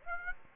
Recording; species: mosquito wingbeat signal from an infrared sensor; Aedes aegypti